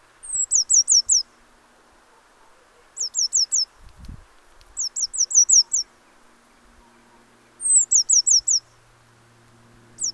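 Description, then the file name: Eurasian blue tit delivering series of four or five high, sharp, falling notes, some led by a thin slurred whistle, with a brief thump midway and soft hiss. "Cyanistes caeruleus"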